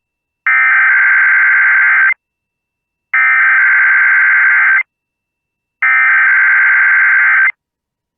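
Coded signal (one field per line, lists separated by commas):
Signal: Emergency Alert System (SAME) tones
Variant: header bursts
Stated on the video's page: EAS required monthly test relayed on an FM broadcast station in Michigan's Upper Peninsula.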